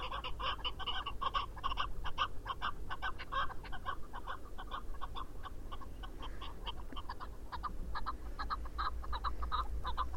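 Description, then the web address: Chukar partridge giving a long, rhythmic run of rapid chuck-chuck notes, several per second, steady throughout, over a low hum. "sound Chukar. صدای-کبک-چوکار"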